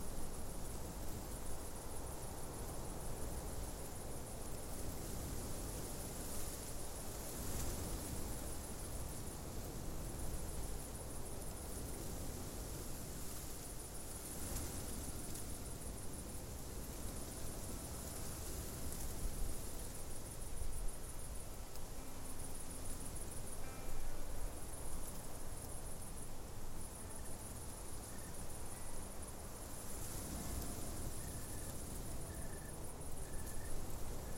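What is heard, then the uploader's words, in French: A mountaintop outdoors, filled with a steady, dense rush of wind or hiss that stays level for the whole stretch. A high, thin insect-like trill pulses on and off near the top, and faint short tones and rumbles come and go. Endormez vous au sommet d'une montagne bercé par les sons de la nature.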